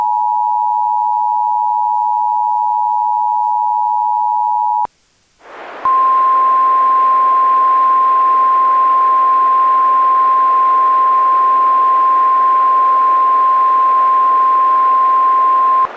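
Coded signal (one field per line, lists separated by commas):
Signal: Emergency Alert System (SAME) tones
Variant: 853 and 960 Hz attention tone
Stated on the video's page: Fictional EAS scenario, simulated alert.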